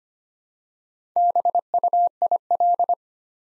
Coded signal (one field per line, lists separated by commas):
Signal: Morse code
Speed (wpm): 25 wpm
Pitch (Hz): 700 Hz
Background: none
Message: BUIL